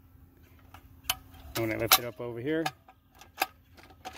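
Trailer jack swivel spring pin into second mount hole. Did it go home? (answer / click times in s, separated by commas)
yes / 3.4 s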